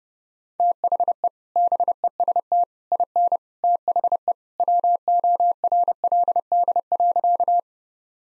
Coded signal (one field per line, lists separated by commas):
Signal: Morse code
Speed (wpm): 32 wpm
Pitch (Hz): 700 Hz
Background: none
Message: THE BEST IN THE WORLD.